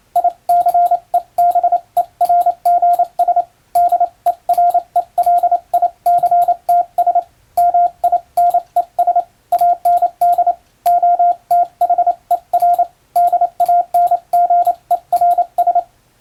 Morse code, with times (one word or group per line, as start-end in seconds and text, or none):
0.2-3.4 ICEBERGS
3.8-7.2 DERELICTS
7.6-9.2 MINES
9.5-10.5 AND
10.9-12.8 OTHER
13.2-15.8 DANGERS